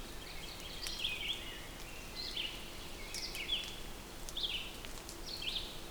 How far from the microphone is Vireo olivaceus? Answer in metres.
about 55 m